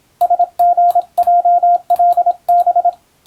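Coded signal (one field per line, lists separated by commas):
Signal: Morse code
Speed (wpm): 26 wpm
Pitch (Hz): 700 Hz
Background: radio noise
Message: SGJLB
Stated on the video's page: Morse receiving practice for the Japanese radiotelegraph operator national exam, using telegram practice text.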